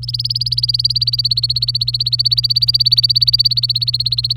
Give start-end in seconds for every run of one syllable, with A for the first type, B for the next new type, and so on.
0.02-4.37 A